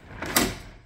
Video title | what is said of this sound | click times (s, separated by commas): obs gmc dually project still going fwd!! | boom that's what you want that nice little click | 0.4 s